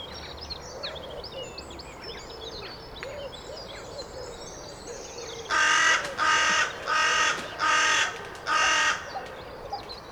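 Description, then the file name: Carrion crow giving five loud, harsh, even caws in quick succession in the second half, after a stretch of faint background birdsong. "Corvus corone"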